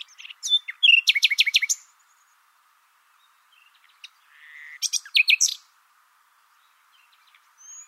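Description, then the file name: Common nightingale song in two short bursts of rapid repeated notes separated by a quiet gap, with a soft buzzy note before the second burst. "Luscinia megarhynchos"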